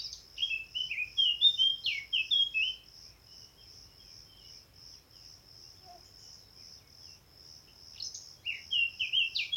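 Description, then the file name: Eurasian blackcap song: a hurried warbled phrase, a long pause filled by steady insect pulses, then another bright fluty phrase. "Sylvia atricapilla"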